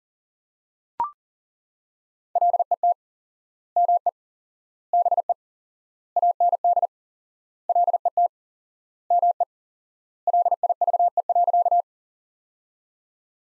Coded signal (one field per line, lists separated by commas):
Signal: Morse code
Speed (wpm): 37 wpm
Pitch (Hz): 700 Hz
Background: none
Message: LET ME BE AND LET ME LIVE.